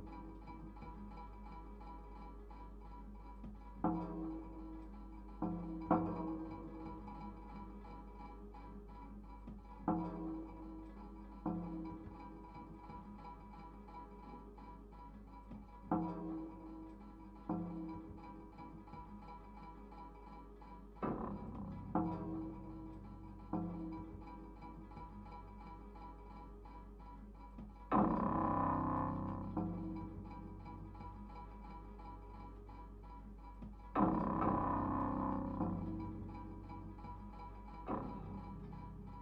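Everyday objects and natural materials played as improvised instruments, with struck, ringing tones that decay slowly over a low steady drone. Hits come every few seconds, irregularly, with louder, fuller clangs near 28 and 34 seconds that sustain and shimmer before fading.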